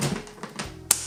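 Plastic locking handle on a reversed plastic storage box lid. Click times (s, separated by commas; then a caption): 0.9 s. A reversed lid on a 62 L AmazonBasics plastic storage box is fitted the other way round, showing there is no particular orientation to respect. A few small placement taps come first, then the plastic locking handle latches with a sharp click at 0.9 s, and the lid is locked in place.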